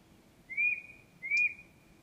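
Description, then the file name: European robin giving two thin, drawn-out whistles, each rising slightly then leveling, spaced under a second apart, with a faint high tick and low background hiss. "Erithacus rubecula"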